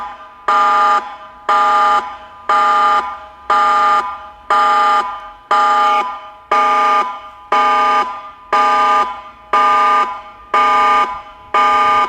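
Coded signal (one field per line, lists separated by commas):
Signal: siren signal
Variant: Meerkat 4 electronic siren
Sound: loud electronic siren tone pulsing on and off about once a second, steady pitch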